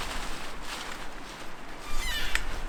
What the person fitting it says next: and they snap into place